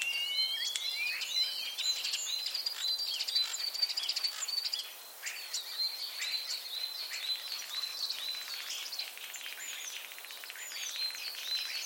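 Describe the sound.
Common starling chattering: rapid overlapping clicks and whistles form a dense, buzzy stream, briefly thinning midway before picking up again.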